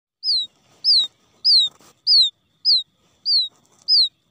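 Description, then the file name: Quail chick calling: loud, high whistled peeps sliding downward, repeated steadily about every 0.6 seconds, seven calls in a row, with faint soft clicks between them. Quail chick lost from the flock, calling for its mother. "tieng cut non keu goi me lac dan chuan"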